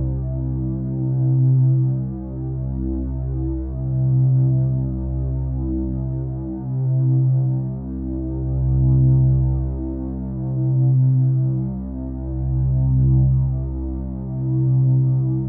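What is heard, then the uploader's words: A steady 528Hz frequency tone drones low and dense, with a slow throbbing swell in loudness roughly every two to three seconds. Midnight Healing 528Hz Frequency.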